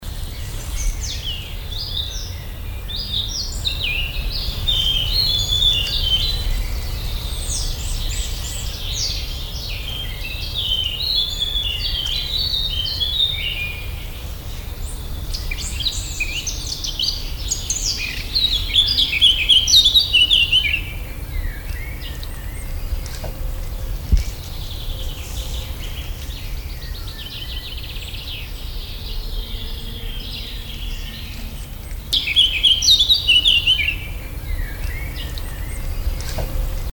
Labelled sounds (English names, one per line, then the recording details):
Eurasian Blackcap song
Common Chaffinch
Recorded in the wild
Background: Fringilla coelebs
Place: Potsdam-Telegrafenberg, Brandenburg, DE
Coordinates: 52.3814, 13.0644
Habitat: park
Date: 1996-06-07 19:16
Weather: sunny
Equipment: Sony MD-WM MZ-R3, Sennheiser MKH 416 T, Kopie Uher 4000 Report Monitor
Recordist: Tembrock, Günter
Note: Gesang, am Einsteinturm